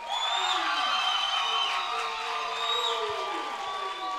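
A crowd applauds and cheers steadily for about four seconds, a dense wash of clapping with shouts and whoops rising through it at an even, loud level.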